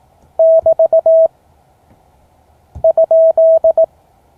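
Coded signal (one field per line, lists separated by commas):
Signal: Morse code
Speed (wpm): 18 wpm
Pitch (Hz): 650 Hz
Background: none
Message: <BT> ?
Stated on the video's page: Morse code class lesson, session 5 of 12.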